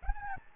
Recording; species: mosquito wingbeat signal from an infrared sensor; Aedes albopictus